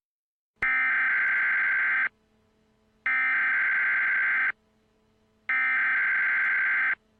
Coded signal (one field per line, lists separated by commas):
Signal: Emergency Alert System (SAME) tones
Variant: header bursts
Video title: [EAS Mock] Nuclear Attack